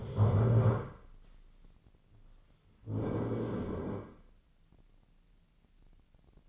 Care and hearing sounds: daily activity, microphone in the room; stand up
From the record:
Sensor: 4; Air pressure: 1010.0 hPa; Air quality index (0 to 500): 198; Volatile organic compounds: 3 ppm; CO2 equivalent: 1421 ppm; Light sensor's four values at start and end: 38/94/39/42 and 38/93/38/41

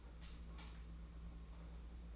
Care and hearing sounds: daily activity, microphone in the room; light off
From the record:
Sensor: 1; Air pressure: 991.9 hPa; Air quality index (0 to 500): 211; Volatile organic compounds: 1000 ppm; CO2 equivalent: 8216 ppm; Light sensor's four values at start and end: 14/40/15/17 and 10/22/9/10

